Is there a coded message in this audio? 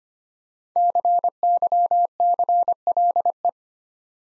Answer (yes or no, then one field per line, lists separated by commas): yes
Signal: Morse code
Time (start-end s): 0.8-3.5 s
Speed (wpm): 25 wpm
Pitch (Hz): 700 Hz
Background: none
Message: CYCLE